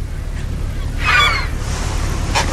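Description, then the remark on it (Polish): Farmyard poultry, hens and ducks, call out over a steady low rumble: one loud, nasal honking quack stands out in the middle, with a softer squawk following near the end. “Koń, krowa, kura, kaczka. Kura, kaczka, drób.”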